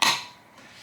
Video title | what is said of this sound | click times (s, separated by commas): Dukwin Single Watch Winder - Vegan Leather - Quiet Mabuchi Motor | When you go to put it in, just line those detents in with these slots. Then you just push until you hear a click. | 0.0 s